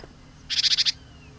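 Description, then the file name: Great tit churring call, a short buzzy rattle of about six rapid harsh notes lasting under half a second, over quiet low background hum. "Parus major"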